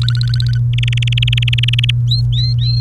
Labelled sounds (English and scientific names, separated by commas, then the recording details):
Domestic Canary (Serinus canaria) song
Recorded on 29 April 2018 at 17:50
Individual llb3